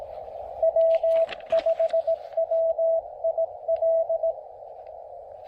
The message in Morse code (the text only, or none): W5WIL